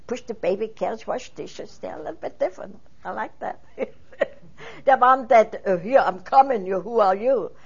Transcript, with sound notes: Push the baby carriage, wash dishes, they are a little bit different. I like that. (she laughs) They wanted, "Here, I'm coming and who are you?"